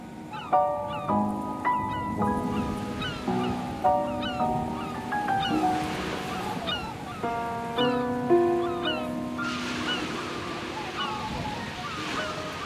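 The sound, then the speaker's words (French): Sea waves break on the beach at Cabourg, rolling and washing in steady swells, a soft hissing roar that rises and falls beneath a gentle melodic music line, with no voices. “Tous deux se promènent sur la plage de Cabourg.”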